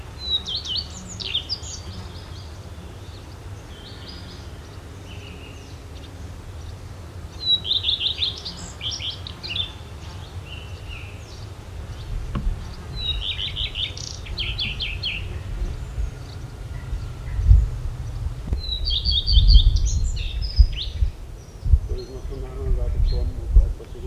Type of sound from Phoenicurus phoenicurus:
song